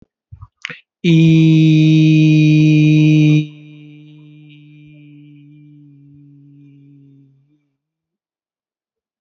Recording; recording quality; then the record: sustained vowel as in beet; excellent, no background noise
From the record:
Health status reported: healthy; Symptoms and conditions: hypertension, diabetes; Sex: male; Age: 57 years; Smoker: not ticked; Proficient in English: yes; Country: India